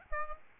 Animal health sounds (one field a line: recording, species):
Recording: mosquito wingbeat signal from an infrared sensor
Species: Aedes albopictus